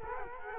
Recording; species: mosquito wingbeat signal from an infrared sensor; Culex quinquefasciatus